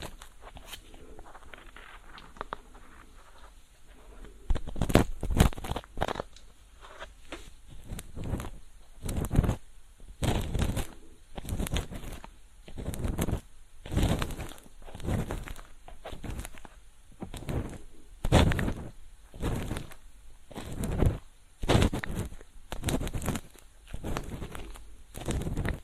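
Ear cleaning with a feather pick gives soft, brushy scratching strokes. A quieter, fluttery stretch opens the first four seconds, then repeated sharper rustling strokes follow about every second, uneven in length, with faint low rumbling between them.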